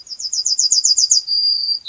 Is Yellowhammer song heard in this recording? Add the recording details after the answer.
yes. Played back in grassland. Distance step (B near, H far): B. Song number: 115